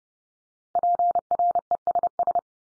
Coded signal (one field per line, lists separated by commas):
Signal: Morse code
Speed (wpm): 30 wpm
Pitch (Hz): 700 Hz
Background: none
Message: PRESS